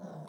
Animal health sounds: pig call; piglet (1 to 25 days)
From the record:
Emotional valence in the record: negative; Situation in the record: long isolation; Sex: male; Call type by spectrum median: low-frequency call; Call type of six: mixed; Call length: 0.29 s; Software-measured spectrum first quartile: 178 Hz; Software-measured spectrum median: 352 Hz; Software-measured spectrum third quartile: 699 Hz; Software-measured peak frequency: 179 Hz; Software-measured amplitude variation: 132 dB a second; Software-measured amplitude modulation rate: 26.0 a second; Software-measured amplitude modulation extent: 5.1 dB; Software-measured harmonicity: 3.2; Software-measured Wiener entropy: -0.21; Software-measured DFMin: 1374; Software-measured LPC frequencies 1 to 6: 640, 3792, 5815, 6381, 7819, 9827 Hz

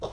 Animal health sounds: pig call; piglet (1 to 25 days)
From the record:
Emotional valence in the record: negative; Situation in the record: restrain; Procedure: in the arms of a person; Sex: male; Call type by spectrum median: low-frequency call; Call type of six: low-frequency stable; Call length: 0.14 s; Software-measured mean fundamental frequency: 52 Hz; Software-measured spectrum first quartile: 396 Hz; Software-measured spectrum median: 614 Hz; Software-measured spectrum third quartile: 1144 Hz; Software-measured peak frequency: 622 Hz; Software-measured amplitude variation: 147 dB a second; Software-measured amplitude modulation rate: 11.0 a second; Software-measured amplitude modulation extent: 13.3 dB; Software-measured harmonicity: 3.0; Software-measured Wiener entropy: -0.80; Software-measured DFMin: 1484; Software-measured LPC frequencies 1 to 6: 559, 1016, 3632, 5387, 8277, 10741 Hz

